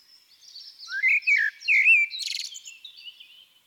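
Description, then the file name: Eurasian blackbird singing a rich, fluty, slurred phrase that rises and falls, ending in a buzzy high twitter. "Turdus merula"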